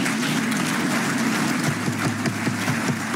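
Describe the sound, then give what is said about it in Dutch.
Sustained applause from a large crowd in the Dutch Tweede Kamer and its public gallery, a long farewell ovation for SP MP Renske Leijten after 17 years, a dense, even wash of clapping hands that holds steady at full loudness throughout, with no voices rising above it. “Een heel lang applaus voor Renske Leijten.”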